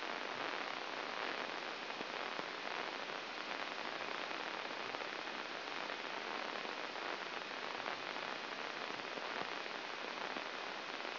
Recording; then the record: brain microelectrode recording played as sound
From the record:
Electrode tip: inside the subthalamic nucleus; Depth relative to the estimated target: 2 mm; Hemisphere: left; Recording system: AlphaMap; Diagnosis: Parkinson's disease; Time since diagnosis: 9 years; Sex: male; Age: 53 years